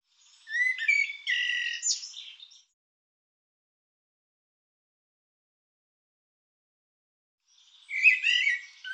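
Bird calling with a two-second burst of fast chirps and buzzy notes, then a long pause before another similar burst begins at the end.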